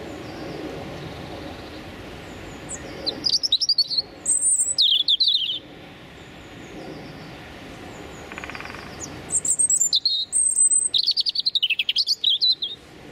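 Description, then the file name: European robin singing high, sweet warbled phrases that rise and fall, two bouts several seconds apart, the second longer with rapid trills. Male singing territorial song. "European Robin Erithacus rubecula male singing his territorial song"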